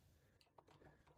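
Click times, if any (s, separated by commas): 0.4 s, 0.6 s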